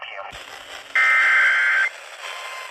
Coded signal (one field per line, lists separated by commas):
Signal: Emergency Alert System (SAME) tones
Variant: header bursts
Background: speech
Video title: EAS Alerts From 5/11-5/12/25: A Compilation (EAS 642-649)